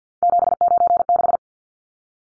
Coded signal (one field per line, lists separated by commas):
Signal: Morse code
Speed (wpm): 50 wpm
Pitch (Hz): 700 Hz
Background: none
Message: 796